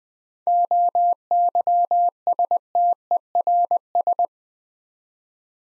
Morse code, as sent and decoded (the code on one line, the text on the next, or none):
--- -.-- ... - . .-. ...
OYSTERS